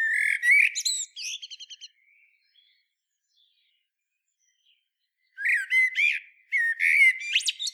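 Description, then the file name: Common blackbird song: two phrases separated by a long pause. Each has mellow whistled notes ending in high, scratchy, rapid twitters. "Turdus merula"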